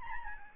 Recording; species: mosquito wingbeat signal from an infrared sensor; Aedes albopictus